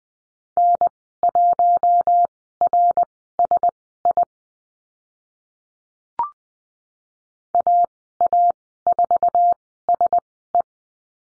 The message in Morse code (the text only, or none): N1RSI AA4SE